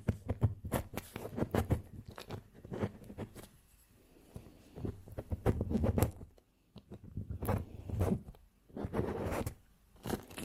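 Candle wax is scraped off in short, irregular strokes, each a gritty scratch with crisp crackly edges. Bursts come in quick clusters, densest near the start and around six seconds, with brief quiet pauses between them and a faint steady hiss underneath.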